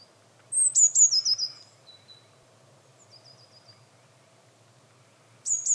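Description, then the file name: Eurasian blue tit calling: a thin, very high phrase of slurred notes dropping into a quick trill, a faint short trill midway, then the high notes again at the end. "Cyanistes caeruleus"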